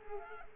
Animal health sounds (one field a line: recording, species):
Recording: mosquito wingbeat signal from an infrared sensor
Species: Culex quinquefasciatus